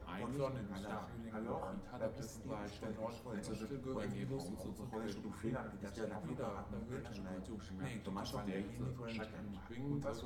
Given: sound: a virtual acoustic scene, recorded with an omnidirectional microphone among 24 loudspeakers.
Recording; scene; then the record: noise of the scene; underground station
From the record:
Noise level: 70 dB SPL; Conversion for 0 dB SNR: 0.7 dB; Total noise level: 70.7 dB SPL